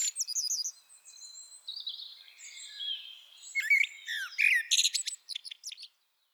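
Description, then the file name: Common blackbird giving a string of high squeaky notes and a thin drawn-out whistle, then a quick jumble of chirps and twitters that stops abruptly near the end. "Turdus merula"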